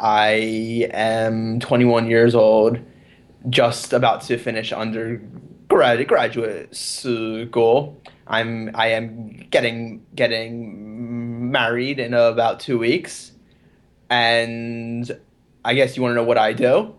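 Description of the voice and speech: A 21-year-old adult man speaking with stuttering: prolonged sounds, whole-word repetitions and silent blocks interrupt otherwise fluent, moderately pitched speech.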